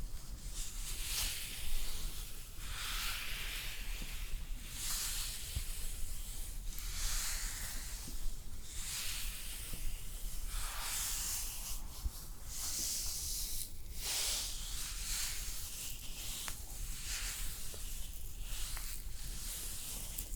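Layered spa facial sounds: a steady soft hiss runs throughout, with bright, airy swells rising and falling every second or two, like brushing or spraying near the ear. A low, even rumble sits underneath the whole time.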